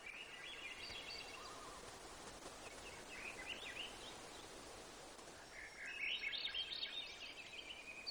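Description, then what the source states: Several birds singing at once, high twittering phrases early and a louder burst of bright chirps near the end, under a constant noisy hiss. Gates of the Arctic, Alaska; 18 June 2018, 05:30.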